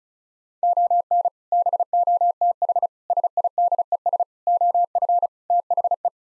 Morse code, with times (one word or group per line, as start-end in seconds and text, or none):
0.6-1.3 ON
1.5-2.9 BOTH
3.1-4.2 SIDES
4.5-5.3 OF
5.5-6.1 THE